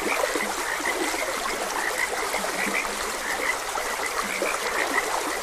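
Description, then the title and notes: Frogs calling together, quick repeated chirpy croaks and a few deep grunts, set against constant babbling running water. Frogs croaking beside a gentle stream. "Gentle Stream and Frogs Croaking. Sleep and Relaxation Podcast"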